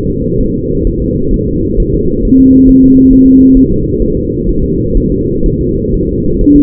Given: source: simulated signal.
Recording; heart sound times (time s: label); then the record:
fetal heart sounds
0.10 s: S2
0.41 s: S1
0.55 s: S2
0.87 s: S1
1.02 s: S2
1.34 s: S1
1.48 s: S2
1.80 s: S1
1.94 s: S2
2.25 s: S1
2.40 s: S2
2.69 s: S1
2.84 s: S2
3.13 s: S1
3.28 s: S2
3.57 s: S1
3.72 s: S2
4.02 s: S1
4.17 s: S2
4.49 s: S1
4.64 s: S2
4.97 s: S1
5.12 s: S2
5.46 s: S1
5.61 s: S2
5.94 s: S1
6.09 s: S2
6.41 s: S1
6.56 s: S2
From the record:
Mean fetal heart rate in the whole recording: 130 bpm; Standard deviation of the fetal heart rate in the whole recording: 4 bpm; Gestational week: 38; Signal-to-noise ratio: -15.3 dB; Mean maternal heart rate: 72 bpm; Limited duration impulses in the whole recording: present